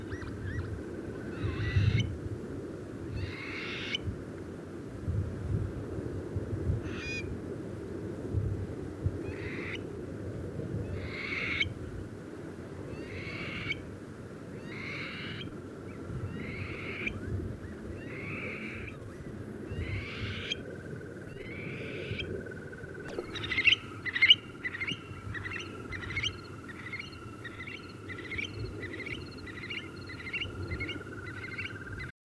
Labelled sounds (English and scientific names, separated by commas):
Eurasian Stone-curlew (Burhinus oedicnemus) call